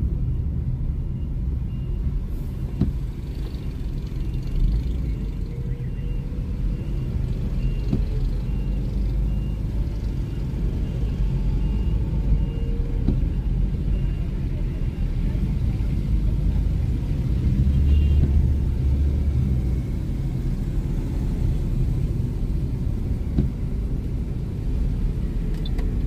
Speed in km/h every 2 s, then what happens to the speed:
7, 9, 11, 11, 15, 18, 19, 21, 28, 30, 24, 20, 19.
0-17 speeds up to 30. 17-22 slows to 20.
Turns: none.